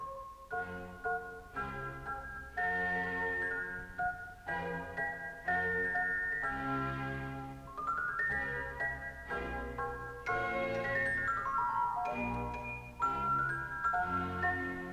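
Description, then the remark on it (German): A glockenspiel plays a lively, bouncing melody of bright, chiming notes in quick phrases, backed by fuller orchestral accompaniment, steady and moderately loud throughout with no voices; it is the magic glockenspiel of the bird catcher Papageno in a Wolfgang Amadeus Mozart opera. “Das Ganze ist so eine Art Märchen und eine der Personen ist der Vogelfänger Papageno, ein lustiger Typ, der mit Hilfe der Zauberkraft des Glockenspiels versucht, sich eine Freundin herbeizuzaubern.”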